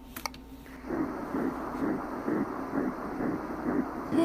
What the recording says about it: We heard the heartbeat. That sounds like a heartbeat. Yeah. That's the baby.